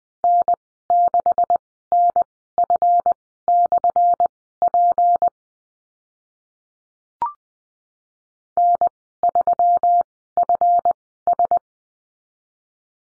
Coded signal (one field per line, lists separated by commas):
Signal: Morse code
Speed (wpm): 20 wpm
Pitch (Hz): 700 Hz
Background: none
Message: N6NF/P N3FS